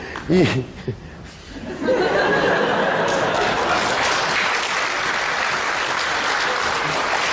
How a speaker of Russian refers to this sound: Знаете, вот эти вот отдельные аплодисменты одного человека, они как бы всегда говорят о том, что человеку это понравилось больше, чем остальным. Я думаю, что это тоже был счастливый обладатель камина.